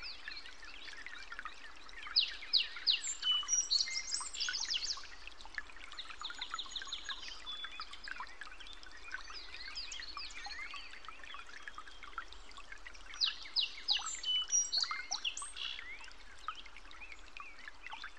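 Many birds sing and call at once over a steady background hiss. Quick chirps and whistled phrases crowd the high range throughout, with louder bursts of song around two to five seconds and again near thirteen to fifteen seconds.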